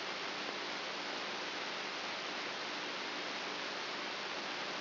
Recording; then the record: brain microelectrode recording played as sound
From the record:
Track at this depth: inside the subthalamic nucleus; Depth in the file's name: 4.44 mm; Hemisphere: right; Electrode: 2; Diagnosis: Parkinson's disease